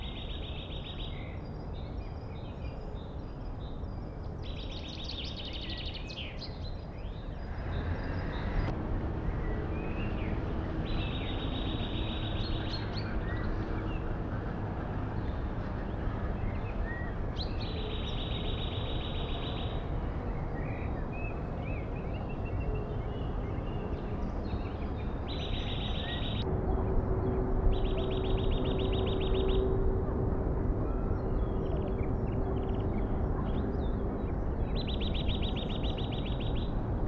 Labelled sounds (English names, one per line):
Eurasian Nuthatch song